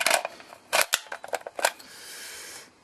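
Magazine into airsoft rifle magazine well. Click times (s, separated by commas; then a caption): 0.9 s. A plastic high-capacity magazine is pushed into the magazine well of a Classic Army M15A4 airsoft electric rifle. A run of sharp plastic clicks and clatters ends in the loudest snap at 0.9 s as the magazine seats. Softer handling clicks follow, then a steady faint hiss.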